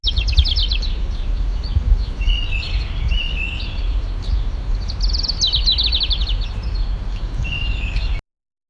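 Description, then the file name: Birds chirping, with quick bursts of high trilled notes and softer twittering phrases throughout, over a constant low rumbling background noise. Early morning. "birds chirping in the early morning"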